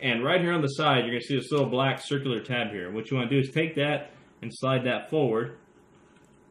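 A small black circular plastic tab on the side of an action figure's arm joint is being handled, set to be slid forward so it locks in place, filling the open gap and keeping the arm from sliding back down. Someone talks throughout, and nothing has seated or clicked yet.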